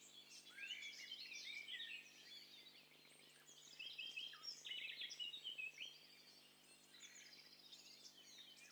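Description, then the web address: Several birds chirping and trilling together, bursts of bright high notes and rapid repeated phrases that swell and fade, with a soft low hum underneath. Mixture of several birds combined as a stereo test set for a bird cocktail party separation challenge. "Hi Fi STEREO BIRD COCKTAIL PARTY Challenge SBCP TESTSET HDBird Cocktail Party"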